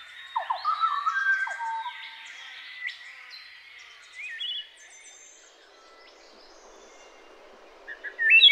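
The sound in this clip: Birdsong of layered whistles and chirps for the first few seconds, fading into a soft hiss, then a brief loud burst of high notes at the end.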